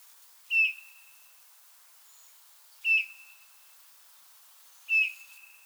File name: Pyrrhula pyrrhula